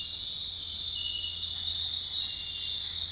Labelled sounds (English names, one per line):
none